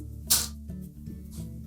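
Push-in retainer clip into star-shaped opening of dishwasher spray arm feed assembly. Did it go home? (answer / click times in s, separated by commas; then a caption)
no / none. A new plastic push-in retainer clip, Whirlpool part WP3400918, is handled over the star-shaped opening of a Whirlpool dishwasher spray arm feed assembly while a steady low tonal hum plays underneath. A brief bright scrape-like burst comes at about 0.3 s, followed by softer rustles near 0.7 s and 1.4 s. The clip has not snapped into place yet; nothing has seated.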